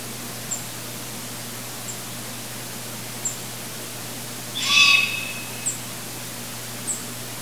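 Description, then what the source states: Long-eared owl call, one drawn-out rasping squeal midway, with faint brief clicks at intervals and a constant low hum underneath. Juvenile.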